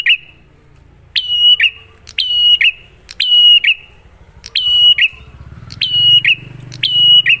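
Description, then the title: Bar-winged prinia singing repeated high level whistles that end in a lower note, about one per second, over a low rumbling hum that grows louder near the end. Prenjak lure (masteran) of a duet of Cililin and Kapas Tembak song styles, in full clear song, used to train caged prinias. "Masteran Duet Cililin Vs Kapas Tembak. Pancingan Prenjak Gacor Suara Jernih"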